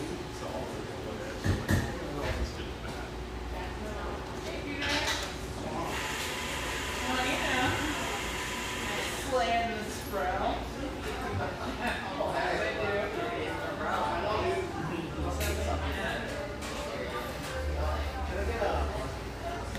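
Murmur of a bright, airy espresso joint in North Beach: a steady bed of overlapping voices with no single speaker standing out. Scattered clinks and short bright clatters pop up throughout, and a low rumble swells briefly near the start and around fifteen to eighteen seconds.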